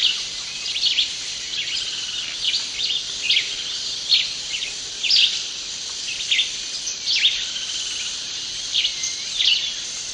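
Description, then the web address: Yellow-green vireo giving brief, sharp chirping phrases at an uneven pace, over a constant high-pitched insect buzz. Eastern lowlands of South America. "Natures Songs S America Eastern Lowlands. Yellow-green Vireo"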